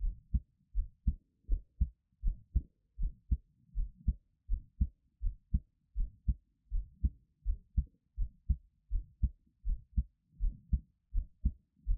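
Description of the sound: An adult's own heartbeat, heard close up for ASMR with no talking: steady, deep paired thumps at about 80 beats a minute with a regular rhythm. Each beat shows the usual lub-dub pair of heart sounds, with no added noises. It is a normal heartbeat.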